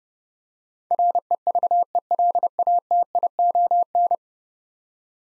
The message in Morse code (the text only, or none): REVELATION